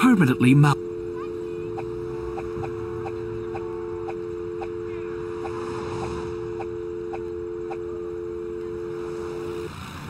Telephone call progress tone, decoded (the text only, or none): dial tone